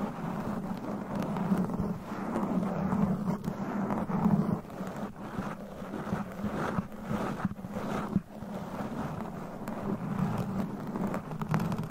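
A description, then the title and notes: Mic scratching with claws: a dense, continuous rough scraping with a low rumble, broken by brief dips near five, eight seconds. ASMR Mic Scratching - Brain Scratching with Claws. No Talking.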